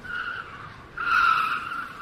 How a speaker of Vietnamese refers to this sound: Tiếng phanh xe chua chát vang lên, xe của anh đâm thẳng vào gốc cây bên đường và dừng lại.